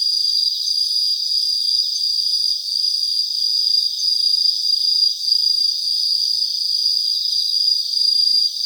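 Crickets in a steady high-pitched chorus, a dense continuous trilling band that pulses slightly in loudness, with no other clear sounds.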